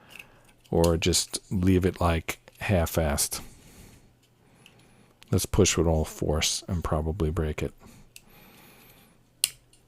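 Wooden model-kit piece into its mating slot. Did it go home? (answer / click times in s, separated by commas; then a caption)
partly / 9.4 s. A wooden model-kit piece that would not go into its mating slot is pushed in with full force while someone talks. One loud, sharp click sounds at 9.4 s. The piece is in but not fully home.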